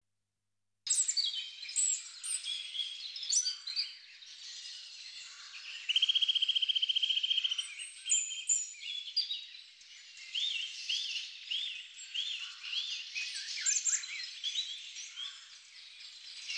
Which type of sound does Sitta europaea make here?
song